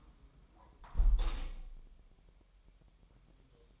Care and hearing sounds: daily activity, microphone in the room; close window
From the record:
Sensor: 1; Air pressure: 1000.3 hPa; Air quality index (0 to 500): 247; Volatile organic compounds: 141 ppm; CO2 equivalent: 3981 ppm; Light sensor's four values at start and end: 11/27/11/12 and 10/25/10/11

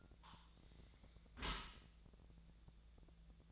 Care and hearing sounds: daily activity, microphone in the room; close dishwasher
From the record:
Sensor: 3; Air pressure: 1000.5 hPa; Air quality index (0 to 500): 174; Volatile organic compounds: 3 ppm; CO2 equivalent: 1505 ppm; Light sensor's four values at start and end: 13/35/14/15 and 13/35/14/15

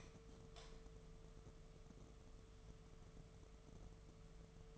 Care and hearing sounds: daily activity, microphone in the room; light off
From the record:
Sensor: 4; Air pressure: 1015.4 hPa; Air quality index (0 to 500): 174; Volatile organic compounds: 7 ppm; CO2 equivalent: 2009 ppm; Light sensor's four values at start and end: 17/40/16/16 and 16/37/15/15

